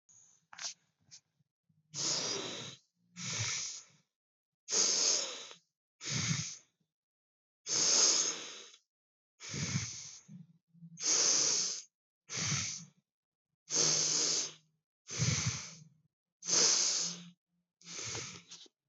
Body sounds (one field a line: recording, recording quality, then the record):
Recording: deep breathing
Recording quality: moderate, slight background noise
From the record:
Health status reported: healthy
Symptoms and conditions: diabetes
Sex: male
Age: 39 years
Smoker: yes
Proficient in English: yes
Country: India